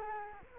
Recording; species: mosquito wingbeat signal from an infrared sensor; Culex quinquefasciatus